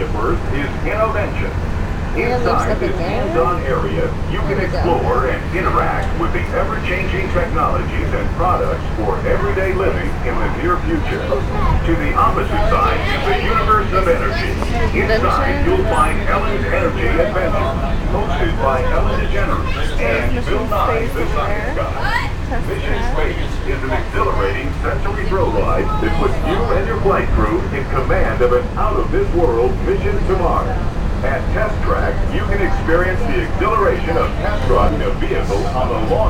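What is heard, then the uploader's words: Riding a monorail: passengers talk and chatter for the whole 36 seconds over a steady low rumble and hum from the train. The loudness stays even throughout, with layered voices and occasional brighter clatter above the constant drone. Monorail ride at Disney World. Scenes from the monorail starting at the Magic Kingdom, going to Bay Lake Tower, and ending in the loop inside Epcot.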